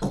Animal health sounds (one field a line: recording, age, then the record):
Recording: pig call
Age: piglet (1 to 25 days)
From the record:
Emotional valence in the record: negative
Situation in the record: castration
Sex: male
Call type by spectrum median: low-frequency call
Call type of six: low-frequency stable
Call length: 0.11 s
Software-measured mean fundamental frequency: 48 Hz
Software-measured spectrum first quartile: 175 Hz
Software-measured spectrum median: 322 Hz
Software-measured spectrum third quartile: 796 Hz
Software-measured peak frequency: 191 Hz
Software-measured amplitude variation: 106 dB a second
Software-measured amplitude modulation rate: 4.4 a second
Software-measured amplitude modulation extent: 24.1 dB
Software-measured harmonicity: 1.2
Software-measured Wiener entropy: -0.80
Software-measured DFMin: 1027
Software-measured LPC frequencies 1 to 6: 3442, 4110, 5573, 6357, 6765, 7789 Hz